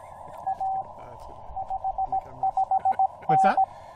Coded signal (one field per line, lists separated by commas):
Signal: Morse code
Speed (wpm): 17 wpm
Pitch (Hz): 810 Hz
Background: speech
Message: A 55N